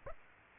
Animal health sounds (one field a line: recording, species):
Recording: mosquito wingbeat signal from an infrared sensor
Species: Aedes aegypti